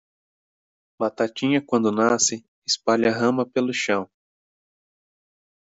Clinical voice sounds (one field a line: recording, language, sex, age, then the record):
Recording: short text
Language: Brazilian Portuguese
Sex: male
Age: 30 to 39 years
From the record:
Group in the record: control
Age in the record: 35 years